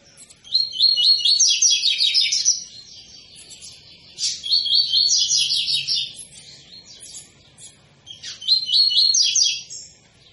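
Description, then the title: Double-collared seedeater song with three bright phrases of rapid, repeated high trilled notes. Tui-tui song style, used as a tutor song for teaching young birds. "COLEIRO TUI TUI FIBRA"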